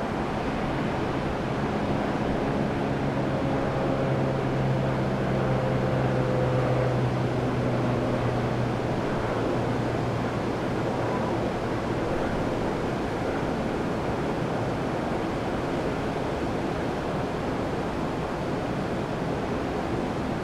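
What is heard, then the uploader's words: Steady surf roars on the Oregon coast, a dense, even wash of crashing water with no single wave standing out and no change in loudness. During the first ten seconds, a faint low hum, like an engine, sits beneath the roar and then fades. Pacific City's coast. Steady sounds of the surf as the tide went up in an afternoon near Pacific City, Oregon.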